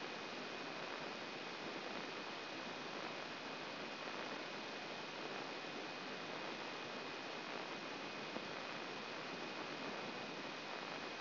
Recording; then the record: brain microelectrode recording played as sound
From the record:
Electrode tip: outside the subthalamic nucleus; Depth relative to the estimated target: 3 mm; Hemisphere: left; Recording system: AlphaMap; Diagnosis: Parkinson's disease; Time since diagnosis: 7 years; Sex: female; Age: 56 years